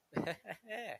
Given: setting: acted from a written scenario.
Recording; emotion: vocal sound without words; amusement